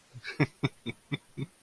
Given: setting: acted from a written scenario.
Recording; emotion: vocal sound without words; amusement